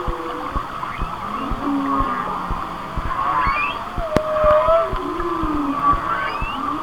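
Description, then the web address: Whale singing in sliding moans and upswept squeals, overlapping phrases layered over a background of scattered clicks. "Natures Songs Whale Songs Whale Songs"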